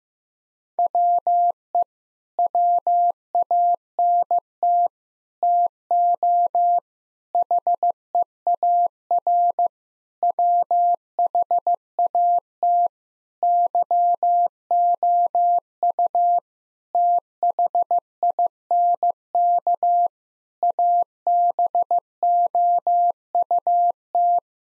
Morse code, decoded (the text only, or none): WE WANT TO HEAR WHAT YOU THINK ABOUT